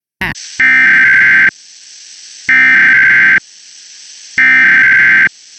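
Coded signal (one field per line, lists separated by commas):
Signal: Emergency Alert System (SAME) tones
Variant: header bursts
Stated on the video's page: North Carolina AMBER Alert for a child abduction, received on a Spectrum cable digital TV adapter.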